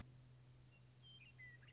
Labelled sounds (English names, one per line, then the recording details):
Western Meadowlark
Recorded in Sonoma County, California